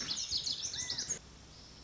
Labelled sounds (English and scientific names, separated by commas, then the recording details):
Lazuli Bunting (Passerina amoena)
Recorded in Sonoma County, California